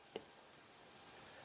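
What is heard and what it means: A plastic fireball projectile is pushed into the spring-loaded shooter inside the mouth of the Lego Super Mario Mighty Bowser (set 71411) brick-built figure. A single short, sharp click sounds at 0.2 s against a quiet background. The projectile stays seated and loaded.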